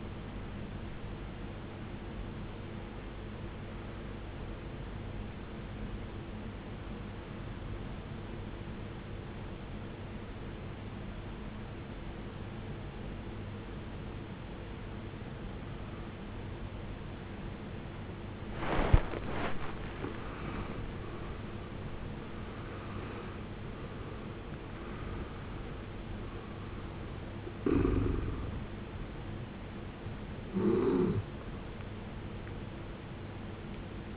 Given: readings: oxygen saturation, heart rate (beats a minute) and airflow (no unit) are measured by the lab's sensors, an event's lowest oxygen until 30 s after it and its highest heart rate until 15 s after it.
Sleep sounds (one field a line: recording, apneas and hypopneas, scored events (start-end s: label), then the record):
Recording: breathing in sleep by a voice recorder at the bedside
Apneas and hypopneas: 1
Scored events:
3.00-19.60 s: obstructive apnea (N1, oxygen 94% highest, then 80% lowest, heart rate 68 at the start, 78 highest)
From the record:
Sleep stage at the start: N1 (lightest sleep)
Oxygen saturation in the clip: 80 to 94%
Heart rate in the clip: 55 to 78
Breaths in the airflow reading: 4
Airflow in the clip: -15.4 to 16.0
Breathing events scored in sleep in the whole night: 389 in 6.3 hours asleep